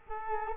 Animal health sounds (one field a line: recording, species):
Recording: mosquito wingbeat signal from an infrared sensor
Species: Culex quinquefasciatus